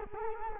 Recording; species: mosquito wingbeat signal from an infrared sensor; Culex quinquefasciatus